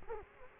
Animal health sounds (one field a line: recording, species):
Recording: mosquito wingbeat signal from an infrared sensor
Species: Culex quinquefasciatus